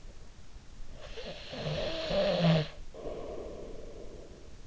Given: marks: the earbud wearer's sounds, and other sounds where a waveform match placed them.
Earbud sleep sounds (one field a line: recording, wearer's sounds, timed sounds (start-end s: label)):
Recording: sounds in sleep by an in-ear microphone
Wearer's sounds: snoring breath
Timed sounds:
0.56-4.67 s: snoring breath